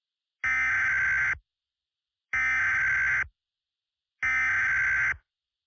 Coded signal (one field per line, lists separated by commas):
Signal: Emergency Alert System (SAME) tones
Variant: header bursts